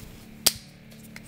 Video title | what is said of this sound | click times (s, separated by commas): Learning To Code With The Kano Pixel Kit! | just pops right into place pretty much just like your phone | 0.5 s